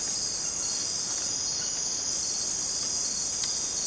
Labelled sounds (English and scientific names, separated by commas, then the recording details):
none
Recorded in dense forest near Puerto Asís, Putumayo, Colombia, on 27 June 2025 at 00:30
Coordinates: 0.484, -76.317
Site G045